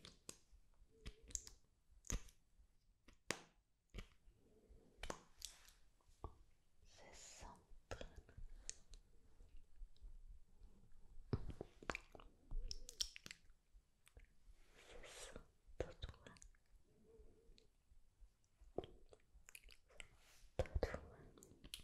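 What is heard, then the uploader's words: Lip gloss goes on in layers: irregular sticky smacks and wet clicks, frequent and crisp, with soft whispery mouth sounds between them. 100 LAYERS OF LIPGLOSS ASMR.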